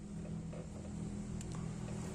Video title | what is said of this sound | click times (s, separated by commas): PASANG TURBO TIMER | Sudah sampai bunyi ceklek. | 1.4 s